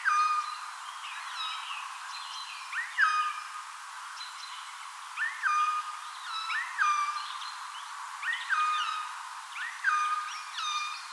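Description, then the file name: Eurasian jay giving repeated mewing notes, each dropping onto a flat tone, spaced irregularly throughout with fainter overtone-rich calls between. "Garrulus glandarius"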